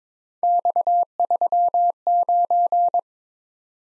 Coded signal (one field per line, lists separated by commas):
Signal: Morse code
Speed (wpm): 26 wpm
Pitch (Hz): 700 Hz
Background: none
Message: X39